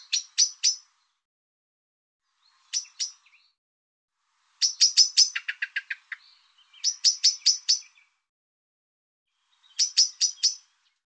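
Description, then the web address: Bird chirping in short bursts of a few sharp, high notes, with a longer run of quick notes and a lower buzzy trill in the middle; otherwise silent. Sound labelled "Tu Me Tu Me". "cianscape birddata Deverinetal 2025 Bird Tu Me Tu Me"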